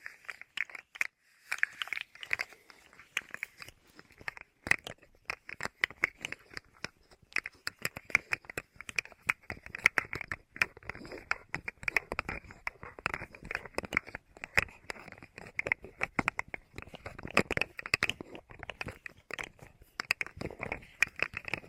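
Crinkling and scratching, with dense, irregular clicks and crunches that run throughout without pause. The sounds are bright and crackly, bunching into louder flurries around the middle and near the end.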